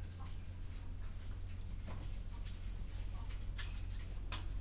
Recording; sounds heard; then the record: poultry house recording; sick chickens (respiratory disease)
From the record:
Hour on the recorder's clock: 11